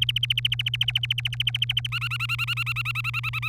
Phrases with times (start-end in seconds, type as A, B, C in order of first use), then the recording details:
0.01-1.87 A, 1.92-3.49 B. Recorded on 3 May 2018 at 09:38. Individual llb3